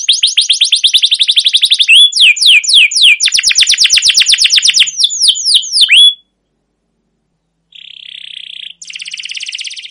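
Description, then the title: Canary delivering a fast run of downward-sweeping notes and slurred whistles for six seconds, then after a pause a buzzy roll and rattling trill. Long 'gacor' canary song with 'cuit cuit' notes and 'ngerol' rolling trills, used as master lure material to train and prompt other canaries. "CUIT CUIT NGEROL LANGSUNG GACOR PANJANG Kenari Utk Pancingan KENAR. Masteran Suara Burung Kenari Gacor Panjang cuit cuit Ngerol untuk Pancingan Kenari"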